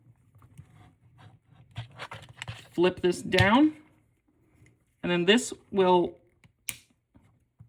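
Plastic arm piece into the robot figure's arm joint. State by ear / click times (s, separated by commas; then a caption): seated / 6.7 s. Someone talks while handling a plastic transforming robot figure, flipping a plastic arm piece down and pushing it into the figure's arm joint during the arm's transformation. A sharp click at 6.7 s marks the part seating into place, with some light handling noises before it.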